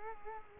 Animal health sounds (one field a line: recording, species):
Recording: mosquito wingbeat signal from an infrared sensor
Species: Culex quinquefasciatus